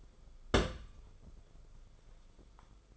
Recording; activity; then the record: daily activity, microphone in the room; place on stove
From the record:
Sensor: 5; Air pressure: 994.6 hPa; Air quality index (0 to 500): 189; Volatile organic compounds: 1000 ppm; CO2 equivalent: 5557 ppm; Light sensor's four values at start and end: 43/130/52/56 and 43/130/52/56